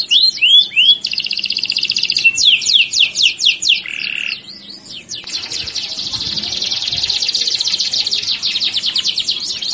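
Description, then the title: Belgian canary song: rapid trills of swooping notes, a fast buzzy rattle, a brief low steady tone, then a long dense rolling trill. Belgian canary song used to stimulate other canaries to sing and to encourage mating. "Canto Para Esquentar Canário Belga. Pancingan kenari kawin"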